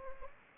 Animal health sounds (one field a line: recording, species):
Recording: mosquito wingbeat signal from an infrared sensor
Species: Anopheles gambiae